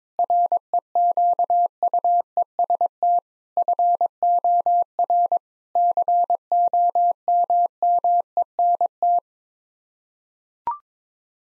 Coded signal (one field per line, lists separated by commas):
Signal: Morse code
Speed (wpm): 21 wpm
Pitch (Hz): 700 Hz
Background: none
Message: REQUEST FOR COMMENT